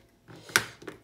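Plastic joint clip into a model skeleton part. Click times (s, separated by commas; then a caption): 0.6 s. A plastic joint clip is pushed into its socket on a part of a partwork skeleton model. After faint handling noise, it snaps into place with one sharp click at 0.6 s, followed by a couple of softer taps. The clip is seated, the first of the set.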